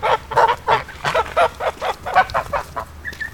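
Goose honking, a rapid series of harsh nasal honks repeated several times a second, ending with a brief higher tone.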